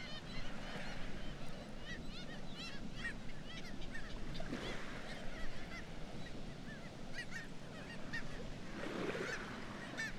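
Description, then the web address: Kittiwake colony calling, bursts of overlapping nasal, rising-falling notes, some louder clusters, with a persistent deep rumbling background. "Black legged kittiwake. دانلود-صدای-پرنده-کاکایی-پاسیاه"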